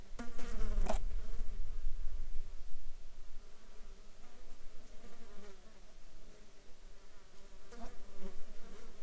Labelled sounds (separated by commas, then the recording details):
insects
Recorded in the Arctic National Wildlife Refuge, Alaska, on 16 July 2019 at 14:50
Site 35